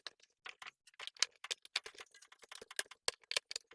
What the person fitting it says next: you should hear it snapping into place.